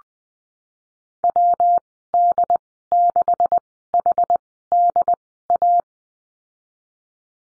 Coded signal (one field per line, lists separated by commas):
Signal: Morse code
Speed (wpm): 20 wpm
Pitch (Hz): 700 Hz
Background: none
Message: WD6HDA